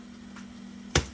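The snap strap on a shoulder-rig magazine pouch is pulled up over a spare backup magazine for a PDW and pressed closed. After a low steady hum and a faint soft rustle, it snaps shut with one sharp click at 1.0 s. The strap is seated, holding the magazine taut so it won't bounce around or fall out.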